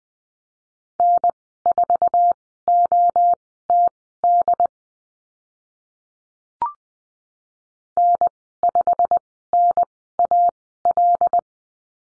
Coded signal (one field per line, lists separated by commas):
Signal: Morse code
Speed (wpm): 20 wpm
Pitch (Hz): 700 Hz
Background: none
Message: N4OTD N5NAL